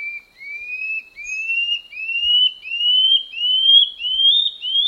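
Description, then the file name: Common scale-backed antbird singing a steady series of clear, upward-sliding whistles, each note a little higher than the last. "canto do rendadinho"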